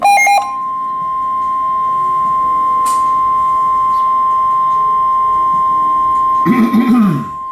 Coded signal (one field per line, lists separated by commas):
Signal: Emergency Alert System (SAME) tones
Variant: 1050 Hz attention tone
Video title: 4 Emergency Alert System captures from 4/30/2022 (TOR x1, SVR x1, SMW x2) KZZ81 Lockport